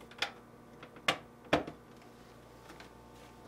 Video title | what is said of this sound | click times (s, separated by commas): How to replace Center Track Spacer part # WR02X13679 on your GE Refrigerator | the tabs on the screw cover to the retaining slots on the air Tower and press until it snaps back into place | 1.1 s, 1.5 s